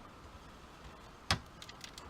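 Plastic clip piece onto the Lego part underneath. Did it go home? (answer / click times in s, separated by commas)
partly / 1.3 s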